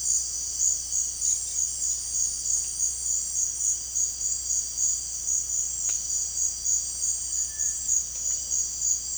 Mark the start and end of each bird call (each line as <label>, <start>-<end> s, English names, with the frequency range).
Dusky-headed Parakeet (1.4-4.7 kHz), 1.15-1.66 s
Cinereous Tinamou (1.4-2.2 kHz), 7.20-8.07 s